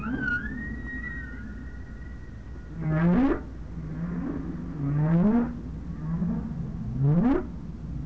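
Whale calls: a thin whistle first, then three low upswept moans, each rising steeply, spaced roughly two seconds apart.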